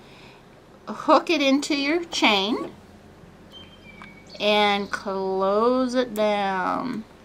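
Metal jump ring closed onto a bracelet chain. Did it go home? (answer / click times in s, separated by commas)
no / none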